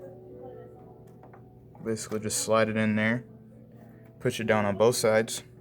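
A RAM module is slid into a motherboard DIMM slot in a Dell OptiPlex 790 SFF and pressed down on both ends toward its plastic retention clips. A low steady hum and two faint ticks near 1.2 and 1.3 seconds are heard while someone talks. Nothing has seated or clicked yet.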